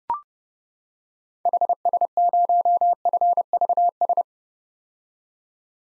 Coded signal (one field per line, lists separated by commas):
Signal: Morse code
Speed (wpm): 30 wpm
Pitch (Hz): 700 Hz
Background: none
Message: HS0FVS